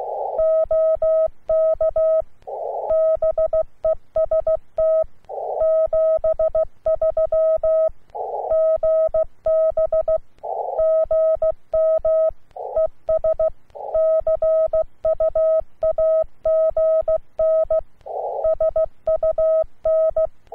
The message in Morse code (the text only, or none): OK BEST 73 GB GM ES CUAGN SUN